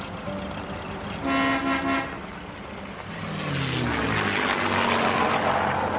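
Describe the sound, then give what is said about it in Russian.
A propeller airplane's engine drones and swells steadily louder, its pitch sliding lower as it passes, after a short, sustained horn-like toot near the start, as the plane comes out of the clouds and descends to land on a snow-covered airfield. “Самолет Коврова вынырнул из-за облаков и пошел на посадку на заснеженный уже аэродром.”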